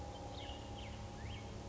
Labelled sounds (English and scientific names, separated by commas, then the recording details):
Cassin's Vireo (Vireo cassinii)
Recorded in Sonoma County, California